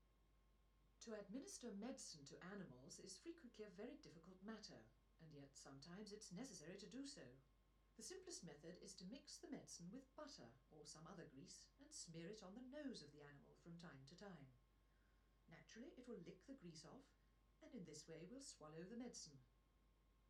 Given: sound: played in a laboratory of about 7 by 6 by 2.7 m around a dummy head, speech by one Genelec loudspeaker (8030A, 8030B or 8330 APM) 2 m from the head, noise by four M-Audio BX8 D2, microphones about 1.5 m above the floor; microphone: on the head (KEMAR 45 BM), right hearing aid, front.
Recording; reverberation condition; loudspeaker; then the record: female speech in English; low; behind (180 degrees)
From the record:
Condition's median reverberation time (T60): about 310 ms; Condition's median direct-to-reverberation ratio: about 3.5 dB